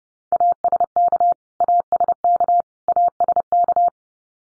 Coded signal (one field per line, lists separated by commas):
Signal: Morse code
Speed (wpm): 30 wpm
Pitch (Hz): 700 Hz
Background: none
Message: ASK ASK ASK